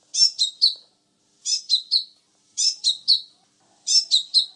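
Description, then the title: Sunbird chirps come in quick groups of three sharp, high notes, four groups in a row separated by pauses of under a second. "kicau kolibri"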